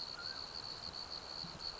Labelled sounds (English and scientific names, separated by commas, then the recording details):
Mountain Quail (Oreortyx pictus)
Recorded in Sonoma County, California